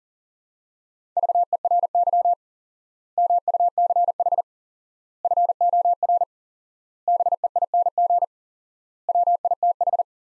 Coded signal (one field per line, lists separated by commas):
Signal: Morse code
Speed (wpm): 37 wpm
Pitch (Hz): 700 Hz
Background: none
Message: VERY MUCH FOR BEING WITH